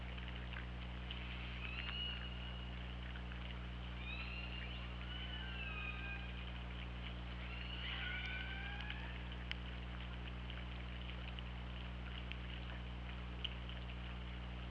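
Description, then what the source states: Killer whale calls: a cluster of overlapping upswept and arched tonal cries, followed by a quieter stretch of hiss, occasional clicks and a steady low hum. Recorded by hydrophone at OrcaLab on 24 August 2017 at 08:04.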